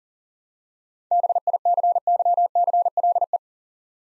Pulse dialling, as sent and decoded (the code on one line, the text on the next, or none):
none